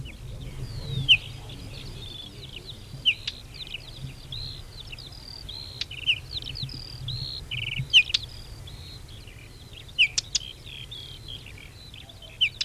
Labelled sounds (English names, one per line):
Whinchat call